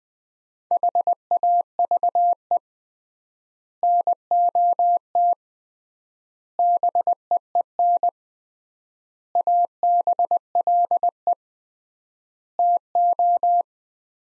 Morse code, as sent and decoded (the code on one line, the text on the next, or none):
.... .- ...- . / -. --- - / -... . . -. / .- -... .-.. . / - ---
HAVE NOT BEEN ABLE TO